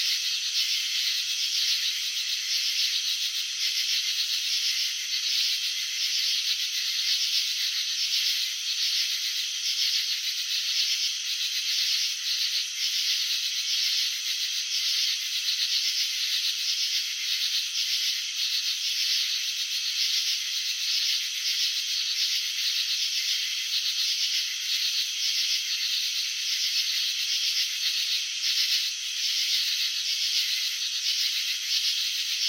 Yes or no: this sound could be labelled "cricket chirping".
yes